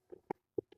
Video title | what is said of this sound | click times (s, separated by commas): Attelite Drop Front Plastic Shoe Box | we're just going to snap those in place | 0.3 s, 0.6 s